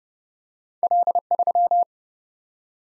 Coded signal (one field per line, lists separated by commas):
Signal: Morse code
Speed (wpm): 30 wpm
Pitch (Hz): 700 Hz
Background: none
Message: L3